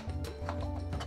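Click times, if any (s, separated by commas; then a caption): none. A film magazine is handled against the body of a 35mm movie camera, its metal latch being worked as it is fitted into the camera's grooves. Brief handling taps are heard over a steady low hum. Nothing has seated or clicked yet, and the magazine is not locked into place by the end of the clip.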